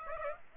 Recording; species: mosquito wingbeat signal from an infrared sensor; Aedes aegypti